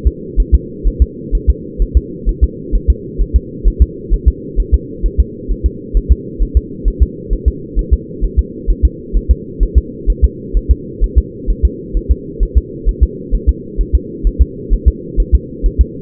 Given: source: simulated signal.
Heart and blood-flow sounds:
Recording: fetal heart sounds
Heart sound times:
0.07 s: S2
0.40 s: S1
0.55 s: S2
0.87 s: S1
1.02 s: S2
1.35 s: S1
1.50 s: S2
1.82 s: S1
1.97 s: S2
2.29 s: S1
2.44 s: S2
2.75 s: S1
2.90 s: S2
3.22 s: S1
3.36 s: S2
3.67 s: S1
3.82 s: S2
4.14 s: S1
4.28 s: S2
4.60 s: S1
4.74 s: S2
5.06 s: S1
5.20 s: S2
5.51 s: S1
5.66 s: S2
5.97 s: S1
6.12 s: S2
6.43 s: S1
6.57 s: S2
6.88 s: S1
7.03 s: S2
7.33 s: S1
7.48 s: S2
7.79 s: S1
7.94 s: S2
8.25 s: S1
8.39 s: S2
8.70 s: S1
8.85 s: S2
9.16 s: S1
9.31 s: S2
9.63 s: S1
9.78 s: S2
10.10 s: S1
10.24 s: S2
10.57 s: S1
10.71 s: S2
11.04 s: S1
11.18 s: S2
11.50 s: S1
11.65 s: S2
11.97 s: S1
12.12 s: S2
12.43 s: S1
12.57 s: S2
12.89 s: S1
13.03 s: S2
13.34 s: S1
13.49 s: S2
13.81 s: S1
13.95 s: S2
14.27 s: S1
14.42 s: S2
14.73 s: S1
14.88 s: S2
15.20 s: S1
15.35 s: S2
15.66 s: S1
15.81 s: S2
From the record:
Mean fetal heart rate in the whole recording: 130 bpm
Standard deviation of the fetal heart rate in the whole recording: 2 bpm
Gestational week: 36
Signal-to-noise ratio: -4.1 dB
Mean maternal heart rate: no maternal heart sound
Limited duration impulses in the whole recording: absent

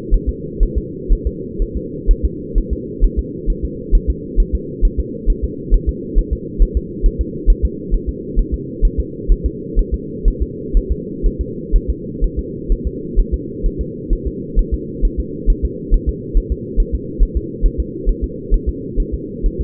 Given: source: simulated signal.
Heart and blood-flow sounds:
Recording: fetal heart sounds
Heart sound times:
0.14 s: S1
0.29 s: S2
0.63 s: S1
0.78 s: S2
1.13 s: S1
1.27 s: S2
1.62 s: S1
1.77 s: S2
2.11 s: S1
2.25 s: S2
2.58 s: S1
2.73 s: S2
3.05 s: S1
3.19 s: S2
3.50 s: S1
3.65 s: S2
3.95 s: S1
4.10 s: S2
4.40 s: S1
4.55 s: S2
4.85 s: S1
5.00 s: S2
5.30 s: S1
5.44 s: S2
5.74 s: S1
5.89 s: S2
6.19 s: S1
6.33 s: S2
6.62 s: S1
6.77 s: S2
7.06 s: S1
7.21 s: S2
7.50 s: S1
7.65 s: S2
7.95 s: S1
8.09 s: S2
8.39 s: S1
8.54 s: S2
8.85 s: S1
9.00 s: S2
9.32 s: S1
9.46 s: S2
9.79 s: S1
9.94 s: S2
10.28 s: S1
10.42 s: S2
10.77 s: S1
10.92 s: S2
11.27 s: S1
11.41 s: S2
11.76 s: S1
11.90 s: S2
12.24 s: S1
12.39 s: S2
12.72 s: S1
12.87 s: S2
13.20 s: S1
13.34 s: S2
13.66 s: S1
13.81 s: S2
14.13 s: S1
14.27 s: S2
14.59 s: S1
14.74 s: S2
15.05 s: S1
15.20 s: S2
15.50 s: S1
15.65 s: S2
15.94 s: S1
16.09 s: S2
16.37 s: S1
16.52 s: S2
16.80 s: S1
16.95 s: S2
17.23 s: S1
17.37 s: S2
17.66 s: S1
17.80 s: S2
18.09 s: S1
18.24 s: S2
18.54 s: S1
18.69 s: S2
19.00 s: S1
19.14 s: S2
19.46 s: S1
19.61 s: S2
From the record:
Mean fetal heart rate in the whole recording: 130 bpm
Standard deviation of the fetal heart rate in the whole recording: 4 bpm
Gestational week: 38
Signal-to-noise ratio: -4.1 dB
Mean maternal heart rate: no maternal heart sound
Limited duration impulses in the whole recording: absent

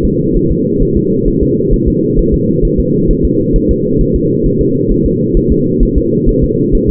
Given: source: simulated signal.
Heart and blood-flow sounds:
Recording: fetal heart sounds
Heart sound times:
0.05 s: S2
0.37 s: S1
0.51 s: S2
0.83 s: S1
0.97 s: S2
1.28 s: S1
1.43 s: S2
1.74 s: S1
1.88 s: S2
2.19 s: S1
2.34 s: S2
2.65 s: S1
2.80 s: S2
3.11 s: S1
3.25 s: S2
3.56 s: S1
3.71 s: S2
4.01 s: S1
4.16 s: S2
4.46 s: S1
4.61 s: S2
4.91 s: S1
5.06 s: S2
5.37 s: S1
5.52 s: S2
5.83 s: S1
5.98 s: S2
6.29 s: S1
6.44 s: S2
6.75 s: S1
6.90 s: S2
From the record:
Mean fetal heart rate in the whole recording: 130 bpm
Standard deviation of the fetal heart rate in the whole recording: 4 bpm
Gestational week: 38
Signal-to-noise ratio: -11.2 dB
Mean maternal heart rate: 72 bpm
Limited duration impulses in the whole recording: present

